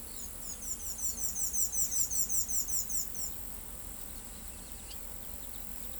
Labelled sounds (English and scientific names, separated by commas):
Palm Tanager (Thraupis palmarum)